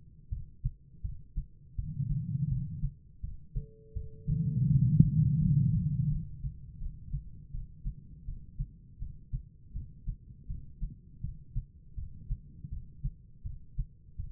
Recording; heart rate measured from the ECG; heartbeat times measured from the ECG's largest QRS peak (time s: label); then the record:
heart sounds by stethoscope; 82 bpm
0.30 s: heartbeat
1.02 s: heartbeat
1.76 s: heartbeat
2.49 s: heartbeat
3.21 s: heartbeat
3.94 s: heartbeat
4.68 s: heartbeat
5.39 s: heartbeat
6.09 s: heartbeat
6.79 s: heartbeat
7.51 s: heartbeat
8.25 s: heartbeat
8.99 s: heartbeat
9.73 s: heartbeat
10.47 s: heartbeat
11.21 s: heartbeat
11.95 s: heartbeat
12.70 s: heartbeat
13.43 s: heartbeat
14.17 s: heartbeat
From the record:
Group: healthy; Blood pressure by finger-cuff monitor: 122/74 mmHg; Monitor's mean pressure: 96 mmHg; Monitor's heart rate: 81 bpm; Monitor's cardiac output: 6.4 L/min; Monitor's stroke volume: 78 mL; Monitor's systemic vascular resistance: 1130 dyn s/cm5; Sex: female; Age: 51 years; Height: 162 cm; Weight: 70.04 kg